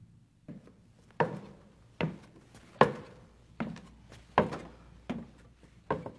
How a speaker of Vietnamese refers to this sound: Ở bên ngoài cánh cửa phòng Tâm Trúc đang ngủ, loáng thoáng có tiếng bước chân lộc cà lộc cộc đi tới.